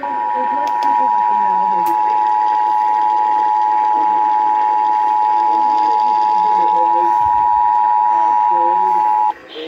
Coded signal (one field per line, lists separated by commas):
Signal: Emergency Alert System (SAME) tones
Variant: 853 and 960 Hz attention tone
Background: speech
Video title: Birthday Tests | EAS Tests From 12/7/2021 (EAS #1,120-1,127)